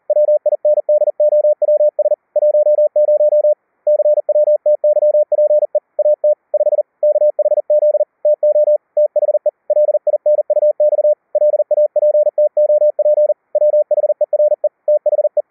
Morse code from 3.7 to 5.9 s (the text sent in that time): CWTYPE